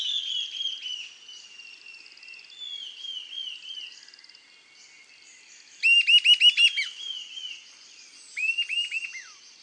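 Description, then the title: Sibilant sirystes call, a quick burst of about six arched, whistled notes with a shorter burst after, following a stretch of softer descending whistles and a high buzzy trill. Subspecies Sirystes sibilator sibilator, assumed from location. "LuckyPassaro Completos2Sama. Sibilant Sirystes (Sirystes sibilator sibilator (ssp assumed from location))"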